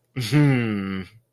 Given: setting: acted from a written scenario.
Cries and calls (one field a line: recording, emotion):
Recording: vocal sound without words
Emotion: pride